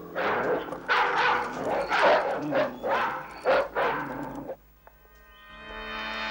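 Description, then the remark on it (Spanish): A chained dog barks loudly and repeatedly in a quick, uneven series of harsh woofs for several seconds, then falls quiet before a thin, steady whining tone rises at the end. “Tranquilo. Está atado con una cadena. Solo lo soltamos por la noche.”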